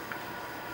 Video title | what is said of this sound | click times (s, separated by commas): My Trip to Florida to meet Wildlife Photographer, Michael Turco | It clips right onto the ring. | 0.1 s